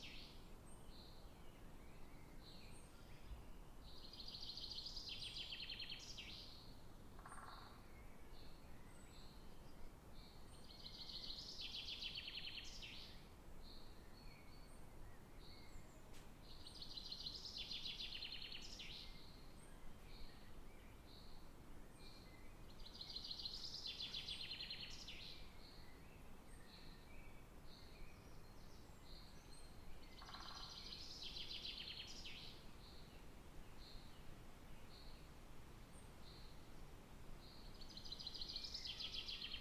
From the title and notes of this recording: Forest Nature Sounds Birds Singing. Relax to the calming sound of a natural forest surrounding Bothwell Castle in Scotland.